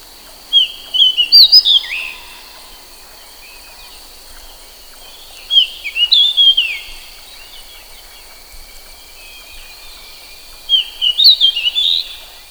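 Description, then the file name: Pied bushchat song: three short, sweet whistled warbling phrases about five seconds apart, over a faint steady high hum. "suara kicauan burung decu. omkicau"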